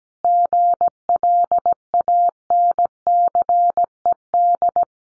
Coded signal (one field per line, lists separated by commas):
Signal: Morse code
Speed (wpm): 17 wpm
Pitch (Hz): 700 Hz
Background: none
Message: GLANCED